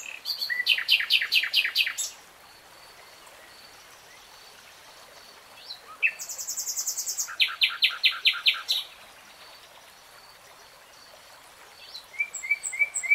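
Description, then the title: Nightingale song with several bursts of fast repeated notes separated by quiet gaps, ending with a few soft whistled notes. Nightingale singing in real time. "[Tiếng chim hót] 3 Hours REALTIME Nightingale Singing"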